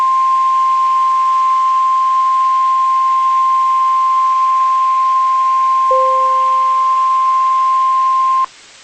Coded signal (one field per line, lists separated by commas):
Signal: Emergency Alert System (SAME) tones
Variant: 1050 Hz attention tone